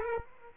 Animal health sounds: mosquito wingbeat signal from an infrared sensor; Aedes aegypti

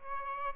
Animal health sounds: mosquito wingbeat signal from an infrared sensor; Aedes albopictus

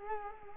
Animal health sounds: mosquito wingbeat signal from an infrared sensor; Culex quinquefasciatus

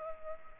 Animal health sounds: mosquito wingbeat signal from an infrared sensor; Culex pipiens

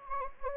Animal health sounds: mosquito wingbeat signal from an infrared sensor; Anopheles gambiae

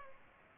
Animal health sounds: mosquito wingbeat signal from an infrared sensor; Aedes aegypti

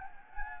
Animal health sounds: mosquito wingbeat signal from an infrared sensor; Anopheles gambiae

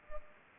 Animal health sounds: mosquito wingbeat signal from an infrared sensor; Culex pipiens

